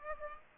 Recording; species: mosquito wingbeat signal from an infrared sensor; Aedes aegypti